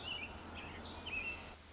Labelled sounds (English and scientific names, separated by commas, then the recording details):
Pacific Wren (Troglodytes pacificus)
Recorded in Sonoma County, California